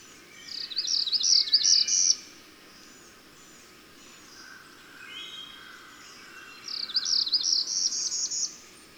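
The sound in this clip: Bird song: two quick high warbling bursts, each under two seconds, separated by faint chirps and whistles over a background hiss.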